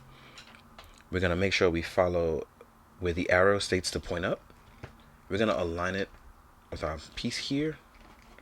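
A plastic piece is lined up with its arrow pointing up, ready to be pressed into an action figure's socket, while someone talks. A few faint ticks sound at about 0.5, 0.8, 1.0 and 4.8 seconds, but nothing has seated or snapped into place yet.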